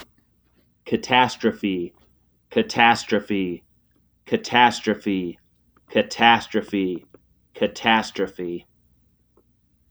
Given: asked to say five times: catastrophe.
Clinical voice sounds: repeated word; male; 40 to 49 years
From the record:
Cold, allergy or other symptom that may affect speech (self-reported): no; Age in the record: 43 years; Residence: Wyoming, United States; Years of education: 16

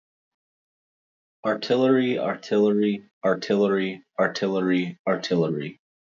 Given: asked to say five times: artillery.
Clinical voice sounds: repeated word; male; 20 to 29 years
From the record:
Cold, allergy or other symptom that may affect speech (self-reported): no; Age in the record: 25 years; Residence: Ohio, United States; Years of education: 14

